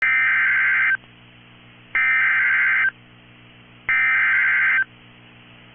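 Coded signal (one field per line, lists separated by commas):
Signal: Emergency Alert System (SAME) tones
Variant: header bursts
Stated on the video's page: Valid EAS tones from a real severe thunderstorm warning.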